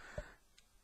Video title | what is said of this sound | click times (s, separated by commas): Eucep's Opinion: Fall of Cybertron Optimus Prime | they click into place | 0.6 s